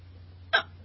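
A single sharp hiccup from a young adult woman, a brief bright burst during an ongoing bout of hiccups.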